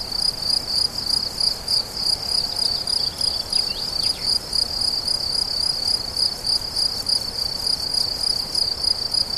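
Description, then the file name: Crickets chirping in a steady high-pitched chorus of rapid pulses, about three per second, with a few faint sliding whistles midway. Crickets recorded on 17 July 2013 at La Fortiche with a MZ-N710 recorder. "grillons la fortiche 17 07 13"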